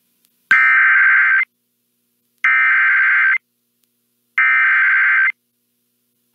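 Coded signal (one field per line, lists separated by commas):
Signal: Emergency Alert System (SAME) tones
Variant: header bursts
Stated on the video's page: NOAA Weather Radio severe thunderstorm and tornado warnings for Iowa, South Dakota and Minnesota storms.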